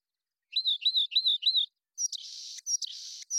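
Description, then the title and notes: Rock Wren song with four clear arched whistled notes, then harsh buzzy trilled phrases; no other sounds. Long song sequence, natural pace and rhythm kept, isolated from a Double mid-side recording; Pacific Northwest, Washington, United States. "BIRDSong Wrens - Rock Wren. Rock Wren, Salpinctes obsoletus, long song sequence, isolated from Double mid-side original, natural pace and rhythm maintained Recorded in the beautiful Pacific Northwest, Washington, United States"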